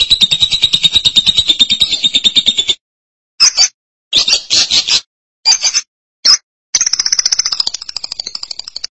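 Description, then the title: Lovebird chattering song: a fast run of buzzy pulsed notes, then short bursts separated by brief pauses, then another rapid chatter. "BM Suara Burung Lovebird"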